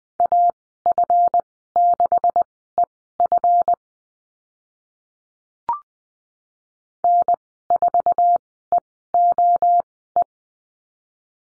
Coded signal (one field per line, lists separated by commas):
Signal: Morse code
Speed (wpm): 20 wpm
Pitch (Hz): 700 Hz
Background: none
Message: AF6EF N4EOE